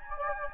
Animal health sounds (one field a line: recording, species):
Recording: mosquito wingbeat signal from an infrared sensor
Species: Anopheles gambiae